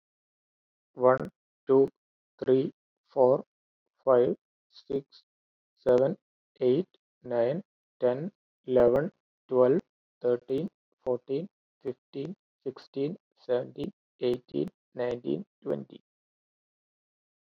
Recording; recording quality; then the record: counting at a normal pace; excellent, no background noise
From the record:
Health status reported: healthy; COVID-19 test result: negative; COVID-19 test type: RT-PCR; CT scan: not taken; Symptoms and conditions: none ticked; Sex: male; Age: 37 years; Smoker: no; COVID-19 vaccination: both doses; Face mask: not worn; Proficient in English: yes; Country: India